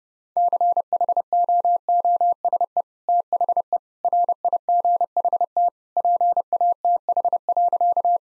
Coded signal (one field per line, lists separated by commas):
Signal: Morse code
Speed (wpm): 30 wpm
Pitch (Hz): 700 Hz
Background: none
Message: CHOOSE THE RIGHT PATH.